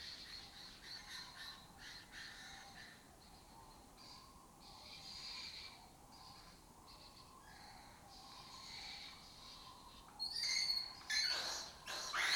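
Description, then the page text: Lesser kestrels in faint, continuous rasping chatter, with a few louder grating calls breaking out toward the end. Breeding colony occupying an abandoned building complex in Doñana, southern Europe; a migratory raptor that forages in West Africa and breeds in southern Europe. "Lesser Kestrels Took Over an Abandoned Building. A migratory raptor wich spends its foraging time in West Africa and breeds in southern Europe. Here in Doñana"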